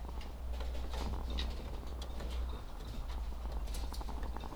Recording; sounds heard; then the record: poultry house recording; sick chickens (respiratory disease)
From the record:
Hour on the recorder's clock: 17